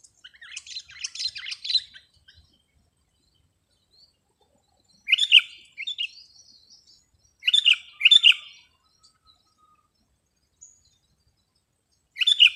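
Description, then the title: Sooty-headed bulbul giving brief bubbly whistled phrases in separate bursts around five, eight and twelve seconds, after a softer chattering opening. "kutilang"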